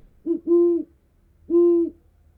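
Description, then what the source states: Great horned owl hooting: a short note followed by a longer deep hoot, then after a pause another single low, steady hoot. Owl hooting constantly and repeatedly.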